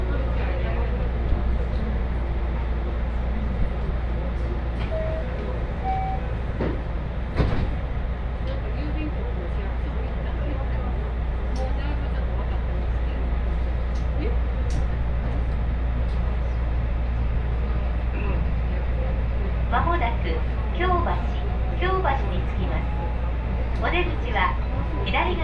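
Riding an Osaka Loop Line train toward Kyobashi, with a steady low rumble and hum running throughout. Voices chatter in the background, and brief clicks and knocks come and go. Near the end, squeals and a rising whine appear as the train changes speed.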